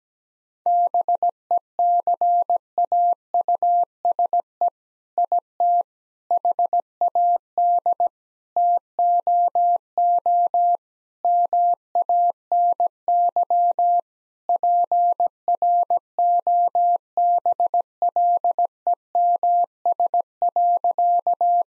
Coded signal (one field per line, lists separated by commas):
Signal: Morse code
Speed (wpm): 17 wpm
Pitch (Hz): 700 Hz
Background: none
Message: BECAUSE IT HAD TOO MANY PROBLEMS.